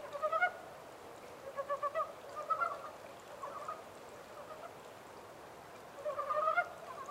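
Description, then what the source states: Japanese mountain brown frog giving repeated rapid pulsed chuckles in several groups, a pause, then another burst at the end. Recorded 14 April 2010 at 03:17.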